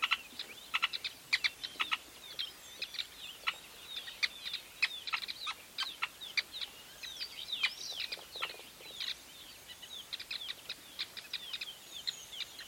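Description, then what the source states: Weaver calls: many sharp chattering clicks and short high chirps from a busy colony, scattered irregularly throughout with no pause. Recorded at a large weaver nest in Etosha National Park, Namibia.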